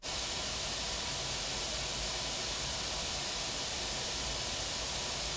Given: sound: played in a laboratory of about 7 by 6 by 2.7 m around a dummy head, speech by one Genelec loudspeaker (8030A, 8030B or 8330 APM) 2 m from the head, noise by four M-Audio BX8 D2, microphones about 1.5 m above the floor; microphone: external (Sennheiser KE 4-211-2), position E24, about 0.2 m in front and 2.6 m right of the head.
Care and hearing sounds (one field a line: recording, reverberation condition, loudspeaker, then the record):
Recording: white noise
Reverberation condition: low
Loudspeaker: four, about 170 cm from the corners of the room and facing them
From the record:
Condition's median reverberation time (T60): about 310 ms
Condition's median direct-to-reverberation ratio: about 3.5 dB